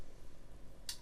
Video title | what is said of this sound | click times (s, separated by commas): Бластерный пистолет A180 - A180 pistol - Star Wars | Она заходит туда чуть ли не со щелчком. | 0.9 s